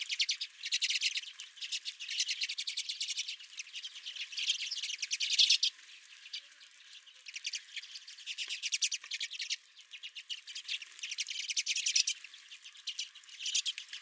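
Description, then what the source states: Long stretch of redpoll flock chatter, rapid trilled chip series rising and falling in intensity, with short quieter gaps between bouts. Redpolls at the recordist's feeder.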